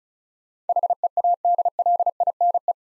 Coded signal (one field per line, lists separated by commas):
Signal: Morse code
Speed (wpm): 36 wpm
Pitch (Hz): 700 Hz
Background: none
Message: HEADLINE